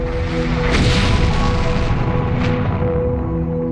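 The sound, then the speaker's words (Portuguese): A deep, rumbling explosion boom of an exploding star that swells into a loud, sustained roar, with a steady low drone running underneath for several seconds and no voices. “Se pudéssemos traçar nossa origem até o mais remoto início, descobriríamos a explosão de uma estrela em nossa árvore genealógica.”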